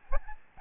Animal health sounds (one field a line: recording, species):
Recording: mosquito wingbeat signal from an infrared sensor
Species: Aedes albopictus